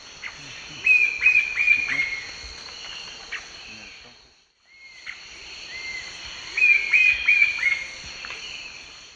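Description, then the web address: Cream-colored woodpecker calls: short, clear whistled notes in quick series, heard in two bursts separated by a brief silence, over a steady high insect drone. Group calls, recorded in the eastern lowlands of South America. "Natures Songs S America Eastern Lowlands. Celeus flavus, group calls"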